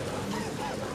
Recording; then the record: coughing mixed with background sound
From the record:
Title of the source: Dry Coughing Fit in the Afternoon.